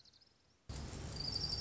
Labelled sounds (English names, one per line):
Orange-crowned Warbler